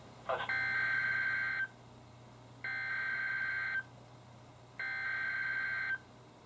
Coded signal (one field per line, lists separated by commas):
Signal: Emergency Alert System (SAME) tones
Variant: header bursts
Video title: EAS #34-#42: Two Double Headers and Emergency Management | KHB36